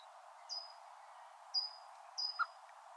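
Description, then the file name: Common blackbird uttering three thin, high, drawn-out calls that fall slightly in pitch, with a short faint click after the last one. "Turdus merula"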